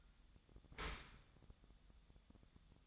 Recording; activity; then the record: daily activity, microphone in the room; open dishwasher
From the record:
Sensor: 3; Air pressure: 1004.6 hPa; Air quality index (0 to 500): 101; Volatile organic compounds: 4 ppm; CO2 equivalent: 1583 ppm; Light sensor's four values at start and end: 7/17/7/7 and 7/17/7/7